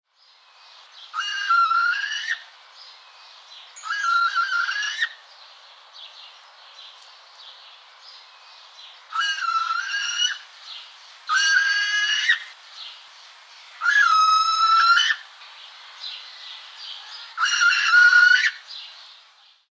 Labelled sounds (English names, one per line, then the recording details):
Northern Hawk-Owl
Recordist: Tembrock, Günter
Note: Langlaute